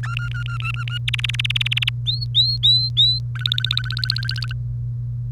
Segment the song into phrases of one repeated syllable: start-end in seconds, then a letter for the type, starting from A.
0.03-0.98 A, 1.08-1.89 B, 2.06-3.19 C, 3.35-4.53 D